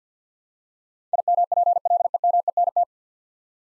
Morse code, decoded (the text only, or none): IMPLEMENT